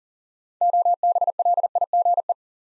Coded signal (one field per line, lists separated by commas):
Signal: Morse code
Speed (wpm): 40 wpm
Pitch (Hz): 700 Hz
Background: none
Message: OBLIGE